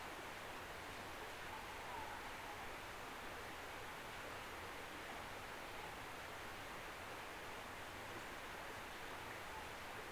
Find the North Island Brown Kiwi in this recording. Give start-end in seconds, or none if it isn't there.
none